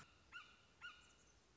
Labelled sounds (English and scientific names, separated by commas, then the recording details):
Red-shouldered Hawk (Buteo lineatus)
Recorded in Sonoma County, California